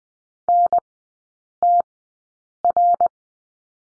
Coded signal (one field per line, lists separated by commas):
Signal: Morse code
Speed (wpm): 20 wpm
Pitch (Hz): 700 Hz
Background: none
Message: NTR